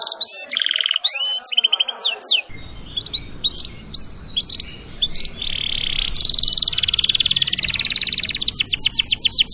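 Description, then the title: Canary song: sharp sweeping whistles and short phrases, then a long buzzy roll followed by rapid repeated falling notes, with background noise. Canary song described as vigorous, insistent and with long rolls, meant to make other canaries answer at once. "LANGSUNG NYAUT GACOR DOR Kenari Manasaja, Dengan Kicau Kenari GACOR NGOTOT ROLL PANJANG"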